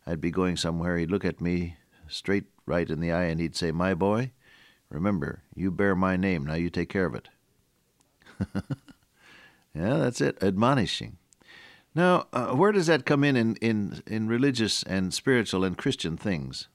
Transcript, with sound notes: I’d be going somewhere he’d look at me straight right in the eye and he’d say, “My boy, remember, you bear my name now you take care of it.” [chuckle] Yeah, that’s it, admonishing. Now, where does that come in in religious and spiritual and Christian things?